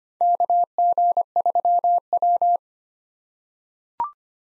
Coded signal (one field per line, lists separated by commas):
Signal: Morse code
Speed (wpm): 25 wpm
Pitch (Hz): 700 Hz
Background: none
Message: KG3W